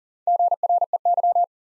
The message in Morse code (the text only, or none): GREY